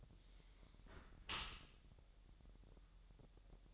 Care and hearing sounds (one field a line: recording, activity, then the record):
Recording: daily activity, microphone in the room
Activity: close dishwasher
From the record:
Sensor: 3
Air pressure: 1000.4 hPa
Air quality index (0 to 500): 248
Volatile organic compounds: 172 ppm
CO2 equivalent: 4115 ppm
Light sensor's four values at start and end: 10/25/10/10 and 10/25/10/10